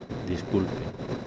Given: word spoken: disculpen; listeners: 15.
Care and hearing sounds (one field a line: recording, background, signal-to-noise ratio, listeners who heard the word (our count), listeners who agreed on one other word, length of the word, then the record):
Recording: one Spanish word in noise, from a listening test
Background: noise modulated by three-talker babble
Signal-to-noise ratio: 3.6 dB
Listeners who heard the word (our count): 0 of 15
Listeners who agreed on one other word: 11 of 15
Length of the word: 0.87 s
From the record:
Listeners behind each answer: 11, 3, 1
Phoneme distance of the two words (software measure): 7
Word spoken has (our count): 3 syllables, 9 phonemes, stress on syllable 2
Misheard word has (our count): 3 syllables, 8 phonemes, stress on syllable 2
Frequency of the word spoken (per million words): 0.60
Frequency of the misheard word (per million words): 2.20